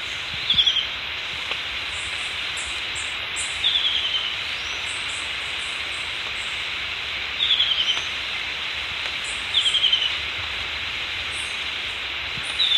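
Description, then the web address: Yellow-breasted antwren calling: brief, high, descending series of rapid notes, repeated at intervals of a few seconds over a steady hiss. Recorded in Ecuador. "Birds of Ecuador 2. Yellow-Breasted Antwren"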